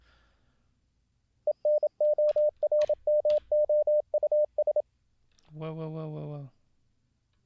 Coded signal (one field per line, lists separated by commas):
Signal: Morse code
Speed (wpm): 27 wpm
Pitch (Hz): 600 Hz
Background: speech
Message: ENORMOUS